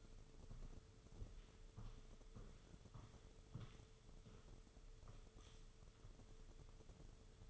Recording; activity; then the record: daily activity, microphone in the room; walk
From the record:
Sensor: 4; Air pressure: 995.2 hPa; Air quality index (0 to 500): 209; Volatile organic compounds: 207 ppm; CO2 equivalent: 4237 ppm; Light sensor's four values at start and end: 13/33/12/14 and 12/31/12/14